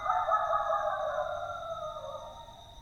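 Coyote howl, one long wavering tone that slowly falls in pitch and fades, over steady high-pitched tones.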